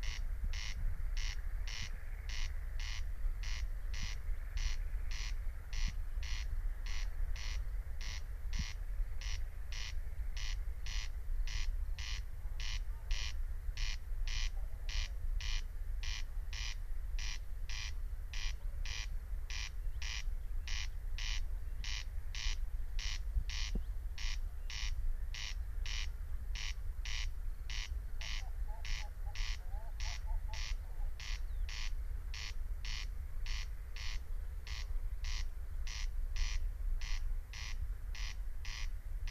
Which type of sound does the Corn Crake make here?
song